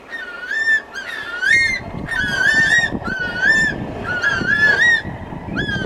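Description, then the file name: Far Eastern curlew calling, repeated rising, whistled notes in short bursts, each slurring upward, with a rough rustling background throughout. Recorded on 9 April 2021. "210409 houroku"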